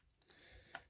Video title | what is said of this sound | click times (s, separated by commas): Lord + Field Frontiersman Survival Knife Upgrade | then snap it on this side. | 0.8 s